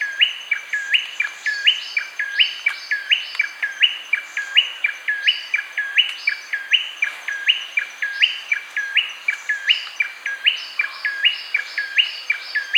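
Tailorbird call series: sharp two-part notes stepping upward, repeated rapidly throughout, over a faint steady high background sound.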